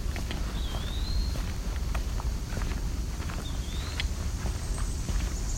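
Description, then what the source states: Eastern wood-pewee singing: two slurred, whistled phrases that dip then rise, about three seconds apart, over footsteps and low background noise. Heard again on a nature walk.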